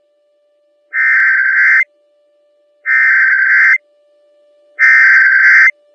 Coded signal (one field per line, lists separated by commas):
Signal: Emergency Alert System (SAME) tones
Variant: header bursts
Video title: Washington State AMBER Alert on KHB60 EAS #529